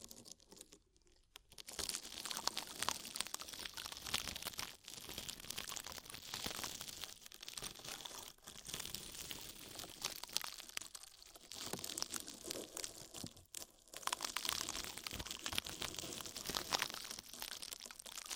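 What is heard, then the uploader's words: Ear massage with oil and foam: dense, crackly rubbing and crinkling that runs almost without pause, bright and fizzy. Brief quiet dips break it around one, five, eight and a half, eleven and thirteen seconds before the squishing texture resumes. ASMR Oil, Foam and Tingly Ear Massage.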